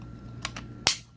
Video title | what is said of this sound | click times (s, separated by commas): GoPro Hero Entry level battery life and how to protect the lens | the little SD card I'll show you right here it Just's it sits right into here snaps into place right here and you're | 0.9 s